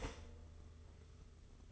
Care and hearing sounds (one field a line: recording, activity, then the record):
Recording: daily activity, microphone in the room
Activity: start toaster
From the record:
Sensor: 4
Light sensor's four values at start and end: 18/56/21/21 and 19/58/22/22